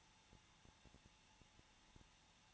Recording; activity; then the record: daily activity, microphone in the room; no activity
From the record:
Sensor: 1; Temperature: 20.1 degrees Celsius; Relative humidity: 39.4%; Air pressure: 1006.3 hPa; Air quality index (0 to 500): 219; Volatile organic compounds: 83 ppm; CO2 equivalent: 3628 ppm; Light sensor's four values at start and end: 1/2/1/1 and 1/2/1/1